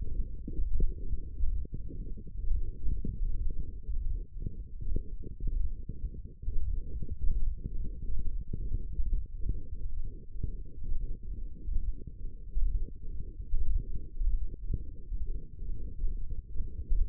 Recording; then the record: forearm muscle sounds (acoustic myography)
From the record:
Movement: radial deviation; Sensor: system 1, eight BSWA MPA416 microphones around the upper forearm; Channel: 7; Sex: male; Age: 23 years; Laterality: right